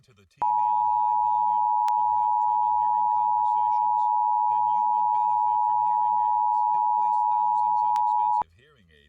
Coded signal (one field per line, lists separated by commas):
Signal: Emergency Alert System (SAME) tones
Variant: 853 and 960 Hz attention tone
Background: speech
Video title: EAS #1 - Severe Thunderstorm Warning